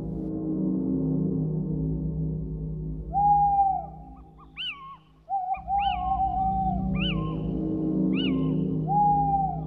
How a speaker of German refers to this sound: Kiwit, kiwit, klagt der Steinkauz. Die Menschen aber verstanden, komm mit ins Reich der Finsternis.